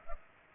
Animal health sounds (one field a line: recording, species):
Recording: mosquito wingbeat signal from an infrared sensor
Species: Culex pipiens